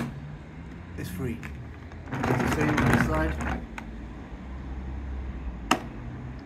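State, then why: Released. Someone talks while opening the second side latch clip on a canister vacuum cleaner head, the same release done on the other side. A sharp click is heard at 5.7 s as the clip snaps open, and the top of the vacuum is released.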